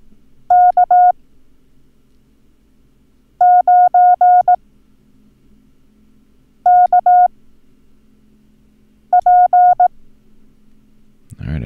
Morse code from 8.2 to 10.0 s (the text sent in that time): P